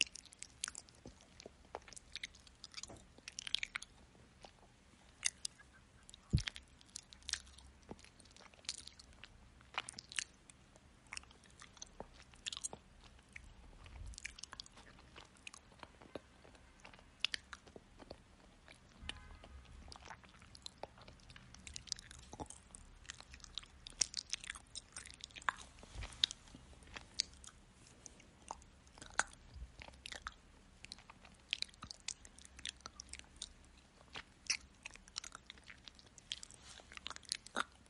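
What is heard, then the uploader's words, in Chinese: Chewing and biting sounds, frequent crisp crunches and wet mouth clicks at an irregular pace throughout. 咀嚼音喂食。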